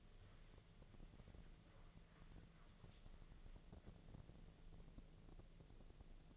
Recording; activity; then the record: daily activity, microphone in the room; wipe stove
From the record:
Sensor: 4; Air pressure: 1001.3 hPa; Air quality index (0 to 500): 186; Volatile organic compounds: 3 ppm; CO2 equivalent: 1327 ppm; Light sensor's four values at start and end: 13/29/12/12 and 13/29/12/12